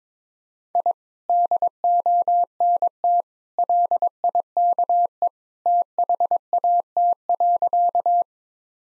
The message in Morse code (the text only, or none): I DONT LIKE THAT.